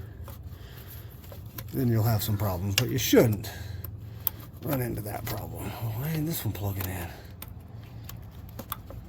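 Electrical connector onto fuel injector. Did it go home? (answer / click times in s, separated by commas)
yes / 8.7 s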